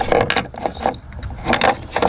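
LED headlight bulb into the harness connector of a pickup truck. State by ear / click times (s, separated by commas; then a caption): seated / 0.3 s. An LED headlight bulb is pushed into the plastic plug-and-socket wiring-harness connector of a pickup truck, a plug-and-play fit. A sharp click at 0.3 s marks it seating, followed by brief clatters of plastic handling. The bulb is seated in the connector.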